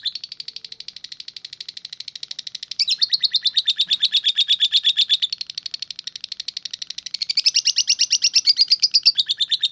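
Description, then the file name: Lovebird song: high, harsh chirps strung into a fast, unbroken chatter that swells louder, softens, then rises again toward the end. "audio lovebird star melinda omkicau"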